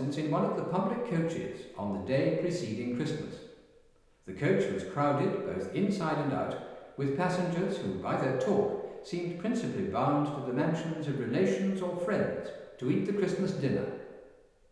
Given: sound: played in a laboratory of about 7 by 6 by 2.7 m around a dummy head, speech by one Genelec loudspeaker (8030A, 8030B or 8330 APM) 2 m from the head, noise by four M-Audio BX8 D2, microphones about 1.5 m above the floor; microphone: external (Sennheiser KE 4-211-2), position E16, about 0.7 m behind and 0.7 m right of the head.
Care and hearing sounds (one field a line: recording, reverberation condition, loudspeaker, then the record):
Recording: male speech in English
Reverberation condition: high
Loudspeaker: 90 degrees to the right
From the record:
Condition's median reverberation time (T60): about 1300 ms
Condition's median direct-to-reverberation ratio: about -4.0 dB